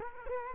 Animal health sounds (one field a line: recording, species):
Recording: mosquito wingbeat signal from an infrared sensor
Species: Culex quinquefasciatus